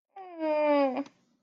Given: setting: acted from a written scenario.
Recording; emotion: vocal sound without words; distress